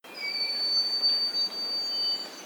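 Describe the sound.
Black-throated robin giving one long, thin, high whistle held evenly for about two seconds, with fainter high whistled notes behind it.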